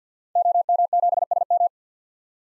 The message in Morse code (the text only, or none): OM7SM